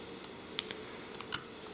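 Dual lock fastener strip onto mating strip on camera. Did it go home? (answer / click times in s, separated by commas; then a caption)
yes / 1.3 s. A piece of Dual Lock reclosable fastener, with its paper backing still on, is positioned over the matching Dual Lock strip on a camera and pressed down. A few faint ticks sound at 0.2, 0.6, 0.7, 1.1 and 1.2 s, then a sharp snap at 1.3 s as the plastic mushroom heads interlock and the strip seats in place.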